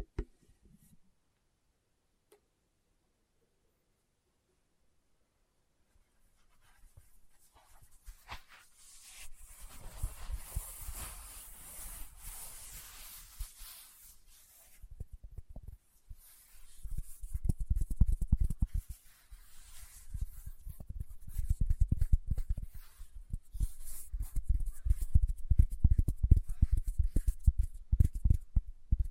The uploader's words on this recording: ASMR Tapping with Fingertips (No Talking).